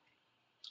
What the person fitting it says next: and it just pops in place. That's it.